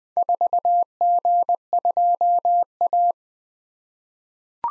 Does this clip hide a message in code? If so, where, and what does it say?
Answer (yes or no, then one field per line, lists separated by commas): yes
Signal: Morse code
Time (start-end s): 0.2-3.1 s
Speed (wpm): 20 wpm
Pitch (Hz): 700 Hz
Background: none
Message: 4G2A